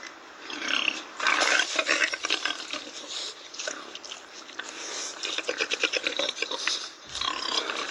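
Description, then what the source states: Wild boar grunting: rough, growly sounds come in irregular bursts, and the loudness swells and fades repeatedly. Wild boars in a forest, heard from dusk as they wake and become active at night; heard only if one stays very quiet and attentive.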